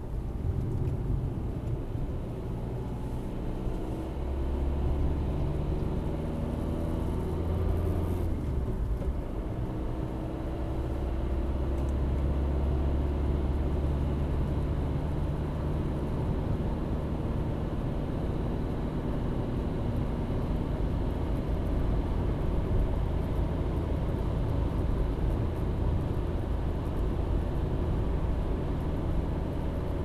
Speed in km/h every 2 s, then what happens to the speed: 43, 55, 63, 68, 69, 73, 78, 80, 82, 84, 85, 85, 85, 85, 85.
0-20 speeds up to 85. 20-30 steady at about 85.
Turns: none.